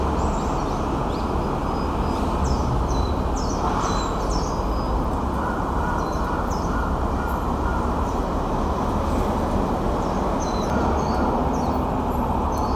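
A Japanese tit gives short, high chirping notes in small clusters, mostly in the first few seconds and again near the end. A heavy, constant low rumble like passing traffic or a train fills the background and sits well above the thin bird calls.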